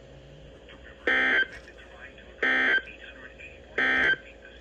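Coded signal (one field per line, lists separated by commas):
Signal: Emergency Alert System (SAME) tones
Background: speech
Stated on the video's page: Five consecutive alert headers from NOAA Weather Radio station KIG86 in Columbus, Ohio: tornado, flood and three severe thunderstorm warnings.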